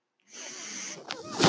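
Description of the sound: Steady airy hiss with a brief puff and a rising gust of air: a home mechanical ventilator running.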